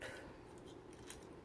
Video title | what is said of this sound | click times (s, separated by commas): Happy Easter | And you can already see how it won't click in, or tab in, I meant. | none